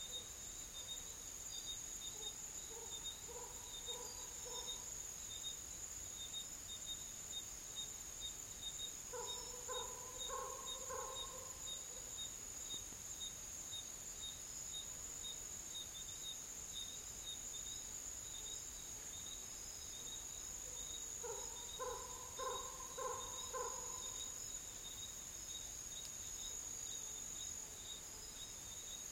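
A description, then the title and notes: Dry forest ambience with a constant high, shrill insect drone and a fainter steady buzz beneath it. Three times, near the start, around ten seconds and again past twenty, a calling animal gives a short run of quick, rhythmic pulsing notes in a low-middle pitch. Madagascar dry forest sounds. Huge baobabs tower over thorny scrub.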